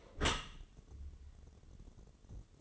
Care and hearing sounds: daily activity, microphone in the room; close dishwasher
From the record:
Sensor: 4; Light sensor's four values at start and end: 9/19/7/7 and 9/19/7/7

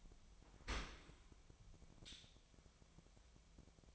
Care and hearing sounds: daily activity, microphone in the room; open dishwasher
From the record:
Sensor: 1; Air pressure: 1006.8 hPa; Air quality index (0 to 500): 207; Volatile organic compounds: 23 ppm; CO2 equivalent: 2789 ppm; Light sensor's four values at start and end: 12/32/13/14 and 13/32/13/14

